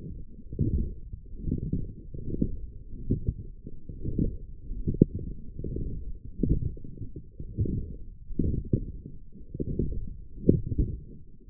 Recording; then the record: forearm muscle sounds (acoustic myography)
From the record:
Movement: forearm pronation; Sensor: system 1, eight BSWA MPA416 microphones around the upper forearm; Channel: 2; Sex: female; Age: 22 years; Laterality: right